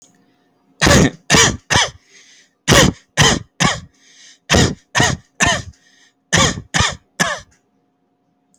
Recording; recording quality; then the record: heavy voluntary cough; excellent, no background noise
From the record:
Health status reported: healthy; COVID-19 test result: not tested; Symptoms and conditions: none ticked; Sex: male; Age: 33 years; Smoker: not ticked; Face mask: not worn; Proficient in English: yes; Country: India